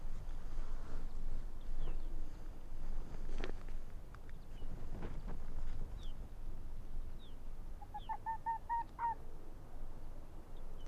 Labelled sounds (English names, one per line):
Arctic Fox